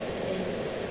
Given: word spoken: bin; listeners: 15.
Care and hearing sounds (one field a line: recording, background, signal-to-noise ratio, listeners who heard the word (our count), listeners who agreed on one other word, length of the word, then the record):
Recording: one English word in noise, from a listening test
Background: speech-shaped noise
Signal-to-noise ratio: -6.7 dB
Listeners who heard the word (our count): 1 of 15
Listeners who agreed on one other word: 7 of 15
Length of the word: 0.51 s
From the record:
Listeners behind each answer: 7, 1, 1, 1, 1, 1, 1, 1, 1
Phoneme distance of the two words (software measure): 7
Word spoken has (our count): 1 syllable, 3 phonemes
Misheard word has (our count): 1 syllable, 2 phonemes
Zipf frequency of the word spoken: 4.49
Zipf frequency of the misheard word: 7.17